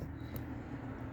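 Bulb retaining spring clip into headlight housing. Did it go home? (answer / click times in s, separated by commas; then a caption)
yes / 0.4 s. A metal spring clip is taken over the back of a headlight bulb and pushed down into the headlight housing, seating the bulb. A single short click at 0.4 s marks it snapping into place, heard over a steady low hum like a vehicle running.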